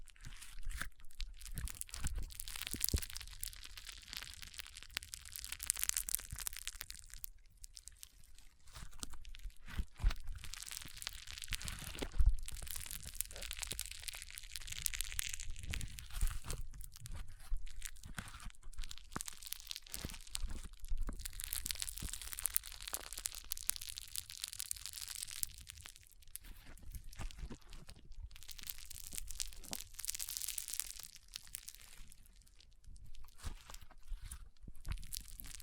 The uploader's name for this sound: ASMR Powerful Foam Brain Massage